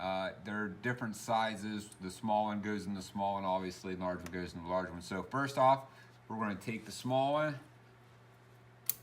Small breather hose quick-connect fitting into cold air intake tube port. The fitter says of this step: insert it in there and it's going to lock into place and the same thing should happen with the bottom